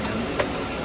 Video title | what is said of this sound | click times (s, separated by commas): Dunking my KA3 into fluid, time to mine Kadena? | So it will go this direction and click right in. | 0.4 s